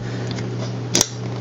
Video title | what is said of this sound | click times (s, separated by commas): Tamper proof zip tie security hood | okay so when I stick this in there I should hear my little snap | 1.0 s